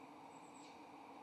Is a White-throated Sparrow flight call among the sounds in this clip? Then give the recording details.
no. No flight call is heard. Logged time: 11:26 on 7 November 2014